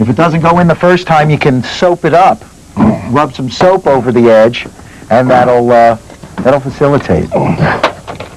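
A plastic glass retainer strip is being handled at the channel of a storm door frame, where it will be pushed in to hold the glass. Throughout the clip someone talks, and there is a brief sharp sound near the end at 8.2 seconds. Nothing has seated or clicked yet.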